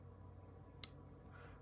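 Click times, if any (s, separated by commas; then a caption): 0.8 s. The blade of a folding knife with a plunge lock is closed and snaps shut into its handle detent with one sharp, crisp click at 0.8 s, over a quiet, steady low hum. The blade seats closed in the detent.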